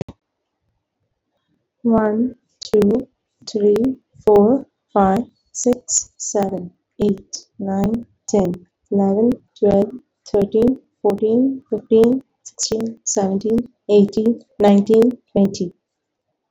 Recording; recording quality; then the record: counting at a normal pace; excellent, no background noise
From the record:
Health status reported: COVID-19 positive, mild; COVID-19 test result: positive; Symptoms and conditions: cough, fatigue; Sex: female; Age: 37 years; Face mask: worn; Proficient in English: yes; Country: India